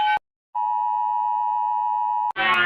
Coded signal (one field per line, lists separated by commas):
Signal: Emergency Alert System (SAME) tones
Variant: 853 and 960 Hz attention tone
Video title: (349 sub special) eas alarm part 3